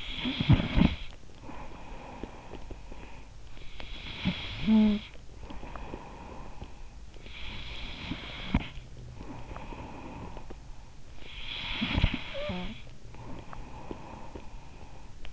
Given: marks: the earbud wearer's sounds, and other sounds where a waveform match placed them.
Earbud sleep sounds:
sounds in sleep by an in-ear microphone; snoring breath, breath
0.00-7.30 s: snoring breath
7.30-11.11 s: breath
11.11-15.33 s: snoring breath

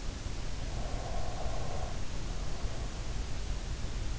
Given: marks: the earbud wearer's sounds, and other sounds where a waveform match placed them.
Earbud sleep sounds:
sounds in sleep by an in-ear microphone; breath
0.41-3.34 s: breath

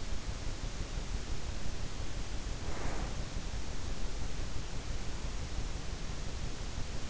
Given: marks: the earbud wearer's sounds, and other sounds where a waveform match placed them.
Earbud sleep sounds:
sounds in sleep by an in-ear microphone; breath
2.46-3.34 s: breath

